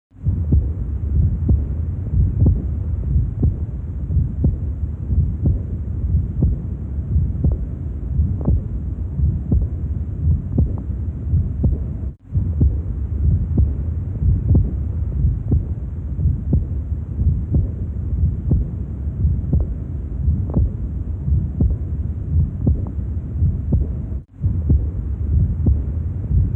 Aortic Regurgitation.